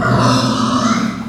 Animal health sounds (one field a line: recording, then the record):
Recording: squeal of a Yucatan mini pig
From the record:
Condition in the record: after surgery on the right vocal fold (resection and tissue-engineered implant)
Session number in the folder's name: 11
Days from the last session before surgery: 98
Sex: female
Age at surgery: 19 weeks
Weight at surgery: 25 kg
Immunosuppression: prednisolone